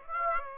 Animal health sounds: mosquito wingbeat signal from an infrared sensor; Aedes aegypti

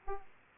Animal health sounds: mosquito wingbeat signal from an infrared sensor; Aedes aegypti

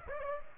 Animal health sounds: mosquito wingbeat signal from an infrared sensor; Aedes aegypti

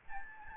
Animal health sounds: mosquito wingbeat signal from an infrared sensor; Aedes albopictus

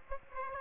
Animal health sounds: mosquito wingbeat signal from an infrared sensor; Aedes aegypti

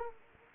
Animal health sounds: mosquito wingbeat signal from an infrared sensor; Anopheles gambiae

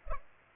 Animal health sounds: mosquito wingbeat signal from an infrared sensor; Culex pipiens

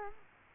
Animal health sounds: mosquito wingbeat signal from an infrared sensor; Culex quinquefasciatus

